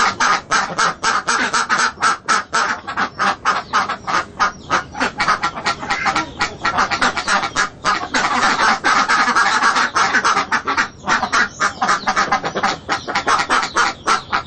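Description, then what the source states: Ducks quacking busily, a dense, fast stream of harsh nasal calls from several birds with brief gaps. Ducks at a marketplace.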